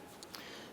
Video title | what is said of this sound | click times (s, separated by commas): How to Replace Hood Release Handle 2005-2010 Chrysler 300 | okay just slide that cable over and push it down and snapped into place | 0.2 s, 0.4 s